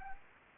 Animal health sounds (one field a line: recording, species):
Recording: mosquito wingbeat signal from an infrared sensor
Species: Anopheles gambiae